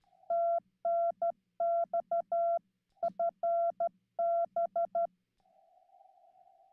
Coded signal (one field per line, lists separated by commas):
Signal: Morse code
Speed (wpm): 16 wpm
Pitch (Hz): 680 Hz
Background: none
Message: TNX FB